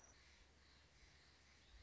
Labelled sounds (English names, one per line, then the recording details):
Song Sparrow
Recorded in Sonoma County, California